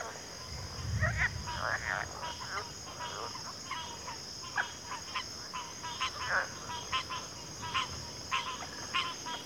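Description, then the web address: Crickets hold a constant high trill as many brief pulsed notes sound in uneven bursts, plus a low thump near the start. Cricket chorus at a backwater. "WLL Grade 1-12 Pre-Uni Library Natures Songs Sleep Sounds of Nature CRICKETS Backwater Chorus"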